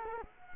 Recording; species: mosquito wingbeat signal from an infrared sensor; Culex quinquefasciatus